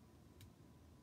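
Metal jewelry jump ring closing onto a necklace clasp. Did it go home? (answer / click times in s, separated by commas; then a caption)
yes / 0.4 s. A metal jewelry jump ring, with a necklace clasp slid onto it, is squeezed shut with pliers. A single short, bright click sounds at 0.4 s over a quiet low background. The ring clicks closed, meaning it was closed correctly.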